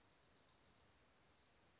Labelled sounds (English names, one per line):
Western Flycatcher